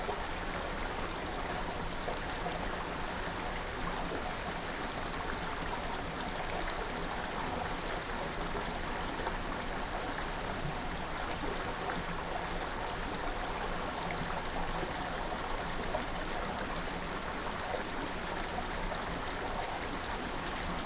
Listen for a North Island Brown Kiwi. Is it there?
no